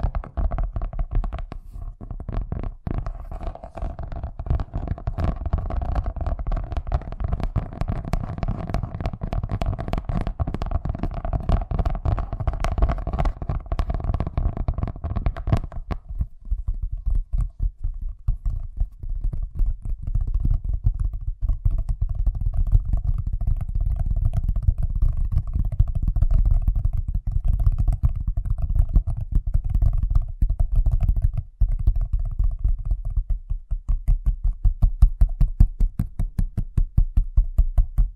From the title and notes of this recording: ASMR Braingasm Inducing Fast Tapping (No Talking).